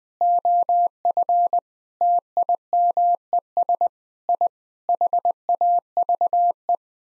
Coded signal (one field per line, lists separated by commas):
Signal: Morse code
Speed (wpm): 20 wpm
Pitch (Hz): 700 Hz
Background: none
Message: OF TIMES I HAVE